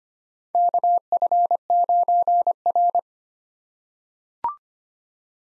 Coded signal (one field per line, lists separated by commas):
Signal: Morse code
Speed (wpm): 25 wpm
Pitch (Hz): 700 Hz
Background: none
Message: KF9R